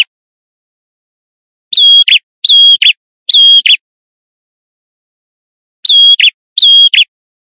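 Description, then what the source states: Prinia song in two bursts, three then two phrases, each a clear piercing whistle followed by a harsh short note, separated by quiet. Visiting male singing vigorously, used as a lure.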